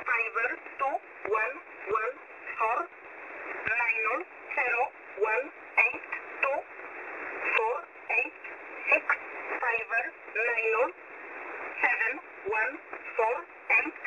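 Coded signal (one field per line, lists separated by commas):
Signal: numbers station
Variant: E11 (Oblique)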